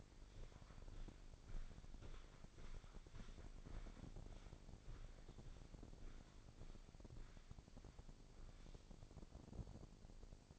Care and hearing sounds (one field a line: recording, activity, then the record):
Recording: daily activity, microphone in the room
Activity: walk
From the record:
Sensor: 5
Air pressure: 1009.4 hPa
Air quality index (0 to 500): 145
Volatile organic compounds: 2 ppm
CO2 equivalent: 1126 ppm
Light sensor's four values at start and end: 323/767/331/369 and 322/763/329/367